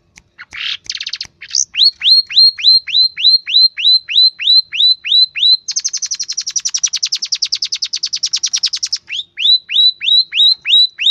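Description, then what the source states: Long-tailed shrike song: a few harsh notes, then rapid upslurred whistled notes, a dense buzzy trill in the middle, then the rising notes return. Masteran: a training recording played to teach caged birds.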